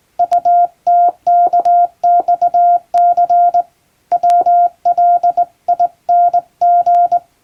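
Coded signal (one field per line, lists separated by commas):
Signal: Morse code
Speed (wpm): 20 wpm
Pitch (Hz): 700 Hz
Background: none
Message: UTKXC WLING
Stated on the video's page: English Morse test practice sent on a straight key by a first-class radiotelegraph operator in Japan.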